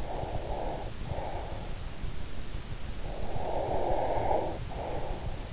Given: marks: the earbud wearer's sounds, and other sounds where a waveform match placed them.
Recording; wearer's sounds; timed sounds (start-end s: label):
sounds in sleep by an in-ear microphone; breath
0.00-1.75 s: breath
2.85-5.47 s: breath